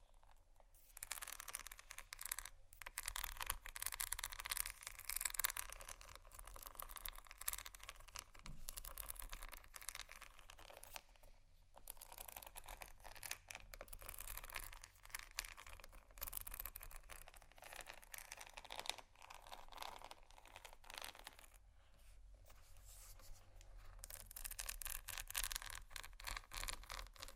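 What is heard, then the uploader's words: Bumpy items are scratched in dense, uneven bursts of bright rasping, with brief pauses near seconds 3, 11 and 21. ASMR Scratching Bumpy Items No Talking Rode Mics.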